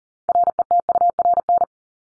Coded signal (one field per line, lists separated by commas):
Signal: Morse code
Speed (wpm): 40 wpm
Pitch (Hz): 700 Hz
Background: none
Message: RETURN